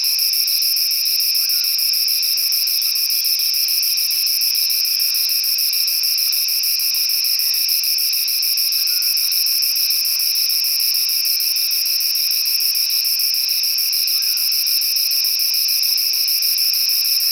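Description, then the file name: Myopsalta mackinlayi cicada song: a steady, unbroken high buzzing drone with fine rapid pulsing, holding the same tone for the whole stretch. Recorded at Coolbaggie at dusk. "Myopsalta mackinlayi Coolbaggie dusk"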